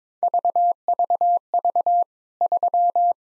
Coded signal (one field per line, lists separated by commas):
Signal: Morse code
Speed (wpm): 22 wpm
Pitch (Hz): 700 Hz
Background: none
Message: VVV 3